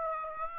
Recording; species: mosquito wingbeat signal from an infrared sensor; Aedes aegypti